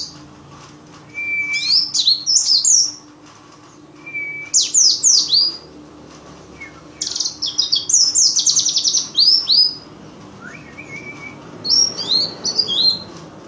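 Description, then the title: White-eye song: clusters of high, quick twittering phrases with brief lower whistled notes, repeated every few seconds over a steady background hum. Forest white-eye song material (isian) for training songbirds (masteran). "mster Mnuk. Pleci ngalas isian untuk masteran"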